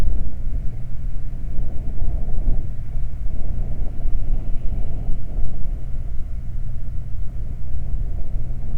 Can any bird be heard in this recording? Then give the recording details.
no. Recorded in the Prudhoe Bay oil fields, Alaska, on 12 July 2019 at 00:06. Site 29